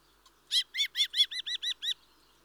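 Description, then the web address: Mistle thrush calling, a quick series of eight arched, harsh notes in about one and a half seconds, the last few slightly shorter and faster, over a quiet background. "BBC Sound Effects Library. Mistle Thrush (Turdus Viscivorus)"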